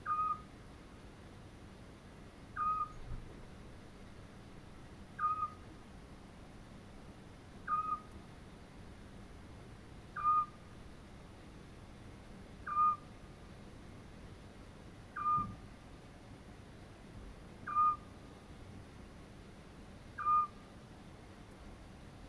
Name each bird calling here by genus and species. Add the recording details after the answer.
Otus scops. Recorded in France